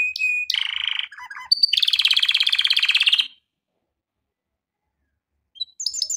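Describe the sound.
Canary song with a whistled note, buzzy trills and a fast rolling phrase, then about two seconds of silence before more high notes.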